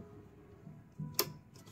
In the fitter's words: देखिए लॉक हो गया, ये देखिए